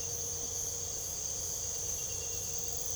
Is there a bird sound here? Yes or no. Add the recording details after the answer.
no. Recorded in pastures near Puerto Asís, Putumayo, Colombia, on 26 December 2024 at 04:30. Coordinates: 0.497, -76.327. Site G088